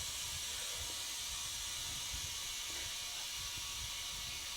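Air hisses steadily as it is pumped into a new Polaris UTV tire to push the tire bead onto the wheel rim, with low rumbling underneath. The bead has not seated or popped onto the rim yet.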